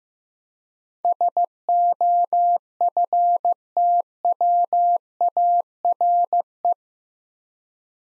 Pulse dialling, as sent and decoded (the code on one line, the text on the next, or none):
none